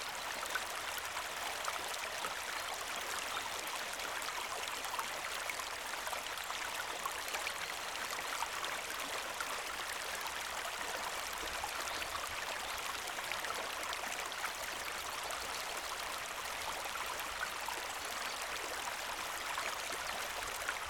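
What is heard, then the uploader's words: A river flows with a steady, dense rush of bright splashing and trickling, unchanging throughout, with little low rumble beneath. Incredibly Relaxing River. The melodic flow of water creates a calming backdrop. The river's gentle sounds.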